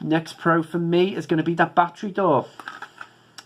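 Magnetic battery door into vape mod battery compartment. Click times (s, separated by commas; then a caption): 3.4 s. A magnetic battery door is put back onto the battery compartment of a plastic vape mod. Someone talks through the first two and a half seconds, then a few soft handling ticks follow. The magnetic door snaps into place with a sharp click at 3.4 s, sitting secure without wobble.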